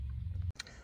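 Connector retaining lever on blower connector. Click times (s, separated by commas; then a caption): 0.6 s. On a BMW E38 740iL during a blower motor replacement, the retaining lever on the blower motor connector slides into a groove. It clicks into place at 0.6 s with a sharp, bright click over a low rumble, which briefly cuts out just before. The lever is seated and holds the connector together.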